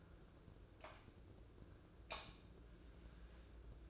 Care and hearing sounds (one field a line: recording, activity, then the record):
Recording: daily activity, microphone in the room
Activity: light on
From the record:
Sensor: 2